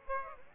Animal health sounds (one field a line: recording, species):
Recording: mosquito wingbeat signal from an infrared sensor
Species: Aedes aegypti